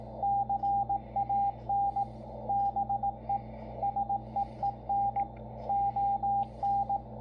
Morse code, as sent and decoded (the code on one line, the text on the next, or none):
-.-. .- -. / -... . / ... . . -. / --- -.
CAN BE SEEN ON